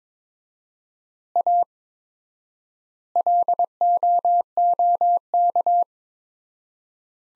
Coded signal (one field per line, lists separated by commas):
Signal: Morse code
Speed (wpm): 22 wpm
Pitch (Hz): 700 Hz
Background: none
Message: A LOOK